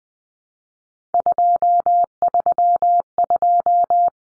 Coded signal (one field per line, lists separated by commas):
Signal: Morse code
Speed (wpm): 20 wpm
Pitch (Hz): 700 Hz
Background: none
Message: 232